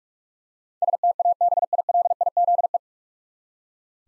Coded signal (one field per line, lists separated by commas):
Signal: Morse code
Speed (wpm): 44 wpm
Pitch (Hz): 700 Hz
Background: none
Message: STABILIZE